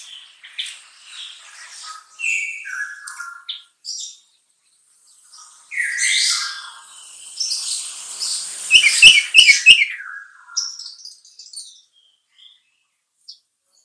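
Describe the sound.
Bulbul song, a busy mix of whistled and chirping notes with a sharp rapid burst in the middle, then fading scattered calls.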